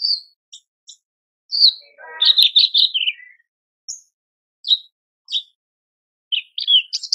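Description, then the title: Horsfield's bush lark singing sharp chirps and a rapid rattling burst, followed by scattered single high notes after a pause. Training song (masteran) for cage birds, described as super gacor. "MASTERAN KICAUAN BRANJANGAN SUPER GACOR"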